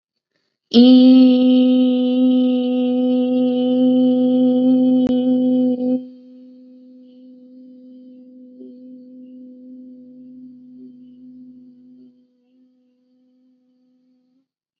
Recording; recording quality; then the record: sustained vowel as in beet; excellent, no background noise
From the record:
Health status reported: healthy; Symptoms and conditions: none ticked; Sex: female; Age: 20 years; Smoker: not ticked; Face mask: not worn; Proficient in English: yes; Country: India